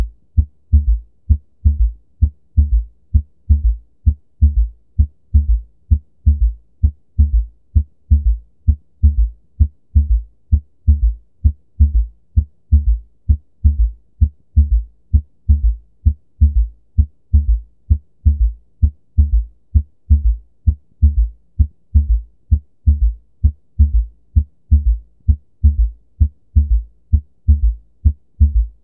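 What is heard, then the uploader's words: A heart beats steadily at roughly one beat and a half per second, each beat a low, dull thump followed by a softer extra sound just after. The rhythm stays even for the whole half-minute, muffled, with near silence between beats. S3 Heart Sound. The third heart sound, also known as the “ventricular gallop,” occurs just after S2 when the mitral valve opens, allowing passive filling of the left ventricle.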